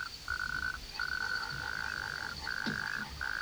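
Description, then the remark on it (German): A toad croaks in long, steady trills, four stretches of rapid, even pulsing at a constant mid-high pitch, separated by brief pauses, with no voices. “Die Kröte ist unverwundbar und wird sehr alt.”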